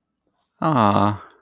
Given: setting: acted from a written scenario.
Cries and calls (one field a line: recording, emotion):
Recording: vocal sound without words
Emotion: adoration